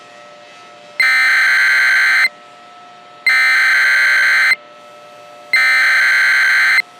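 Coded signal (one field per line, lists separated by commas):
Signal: Emergency Alert System (SAME) tones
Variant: header bursts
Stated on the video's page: Mock Emergency Alert System tornado alert; a simulated scenario, not a real broadcast.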